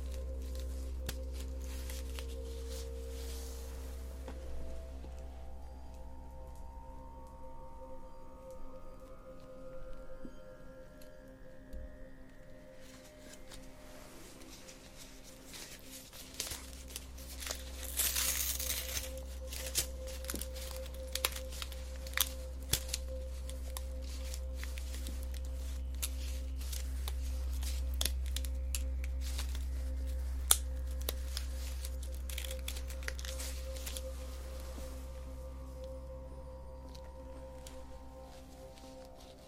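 Facial acupuncture with face touching: soft crackly taps and rustles cluster densely from about 13 to 35 seconds, with a brighter brushing burst near 18 seconds. A steady low hum runs throughout, and a faint whine rises over the first dozen seconds.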